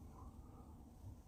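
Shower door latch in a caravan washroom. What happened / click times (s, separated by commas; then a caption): The shower door is being handled and has not latched yet / none. The shower door of a 2022 Swift Challenger 580 caravan is handled in the washroom as it is slid toward closed, giving a steady low rumble with no sharp transient. The door has not yet locked in place, and nothing has seated or clicked by the end of the clip.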